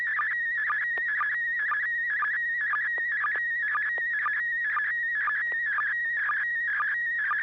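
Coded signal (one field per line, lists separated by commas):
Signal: SSTV (slow-scan television)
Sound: continuous warbling, chirping tone with a regular short low blip about twice a second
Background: low hum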